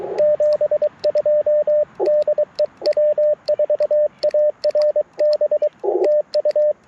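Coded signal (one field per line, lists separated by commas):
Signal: Morse code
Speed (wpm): 23 wpm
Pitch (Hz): 600 Hz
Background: radio noise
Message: 72 DE W4ARB TU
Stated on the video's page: Live QRP CW Parks on the Air activation in a national forest, sent with paddles on an Icom IC-705 into a vertical antenna.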